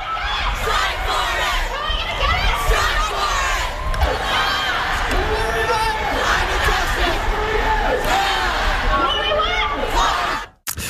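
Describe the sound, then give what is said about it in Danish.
A large global climate strike protest crowd in Sydney, Australia chants and shouts together, many voices overlapping in a loud, continuous roar with rising yells and cheers, ending in a sudden brief cut near the end. “I dag starter en global klimastrejke. Sådan her lød det i Sydney, Australien.”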